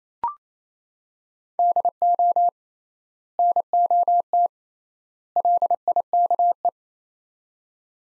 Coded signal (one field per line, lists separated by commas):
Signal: Morse code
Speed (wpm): 28 wpm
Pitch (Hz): 700 Hz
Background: none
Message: DO NOT LIKE